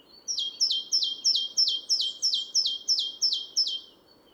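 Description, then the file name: Great tit calling, a rapid series of about ten sharp, high, downward-slurred notes delivered roughly three per second, over a soft low background hum. "Parus major"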